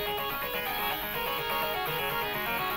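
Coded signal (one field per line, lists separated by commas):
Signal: none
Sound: stepper motor music notes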